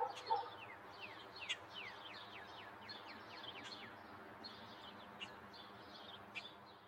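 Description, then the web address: Birds giving a rapid series of sharp downslurred chirps over steady low background noise. Suburban daytime bird ambience. "sound-effects-bible Suburban Day Birds"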